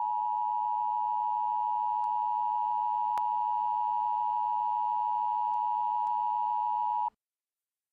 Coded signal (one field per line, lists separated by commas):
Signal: Emergency Alert System (SAME) tones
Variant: 853 and 960 Hz attention tone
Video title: Eas. 03-01-17